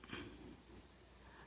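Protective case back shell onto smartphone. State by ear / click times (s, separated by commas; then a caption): not seated / none. The back shell of an AMENQ full protective case is lined up with an Essential Phone PH-1 and its mounted frame, before the parts are pressed together. A brief burst of handling noise comes near 0.0 s, followed by soft shuffling and a low, steady hum. Nothing has seated or clicked yet.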